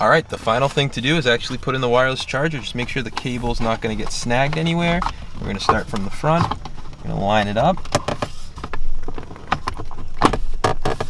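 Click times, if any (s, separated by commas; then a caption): 10.6 s. In a 20-year-old BMW, a wireless charger tray is lined up from the front, with its cable kept from snagging, and pushed into the cup-holder opening of the center console while someone talks. A few light knocks come at 9.5 s, 9.7 s and 10.3 s, then a sharp snap at 10.6 s as the tray seats in place.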